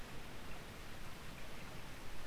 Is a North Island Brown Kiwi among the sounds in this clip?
no